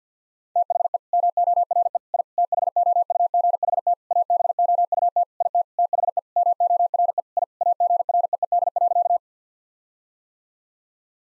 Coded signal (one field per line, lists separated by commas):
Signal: Morse code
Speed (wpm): 48 wpm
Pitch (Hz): 700 Hz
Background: none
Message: THE MORE I THOUGHT ABOUT IT THE MORE I AGREED.